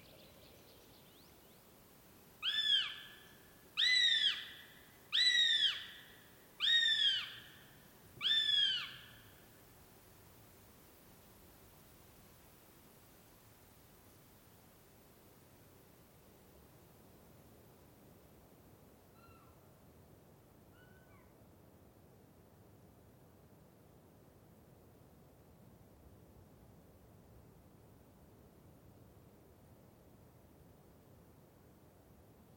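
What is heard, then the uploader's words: A bird calls five times in a loud, regular series between about 3 and 9 seconds, each note a bright, ringing whistle. Afterward only a low, steady wilderness hush remains, with two faint calls around 20 seconds. Nordic Nature sfx library demo. Nordic Nature is a collection of evocative and immersive ambiences recorded by George Vlad and Pete Smith over a three-year period across the wilderness of Sweden and Norway.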